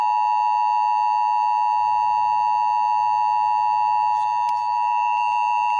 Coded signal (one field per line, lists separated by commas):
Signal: Emergency Alert System (SAME) tones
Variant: 853 and 960 Hz attention tone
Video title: EAS Scenario #1 The Severe Thunderstorm(REMASTERED)